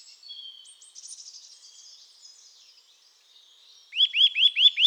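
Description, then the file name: Eurasian nuthatch: faint high twittering for several seconds, then a loud run of rising whistled notes, evenly spaced. "Sitta europaea"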